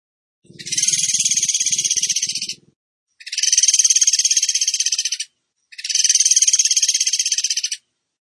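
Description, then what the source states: Bird song: three long, rapid, buzzy trills of about two seconds each, with short pauses between them. A low rumbling sound is heard under the first trill. Masteran training song of a singing bird in the tembakan gacor style.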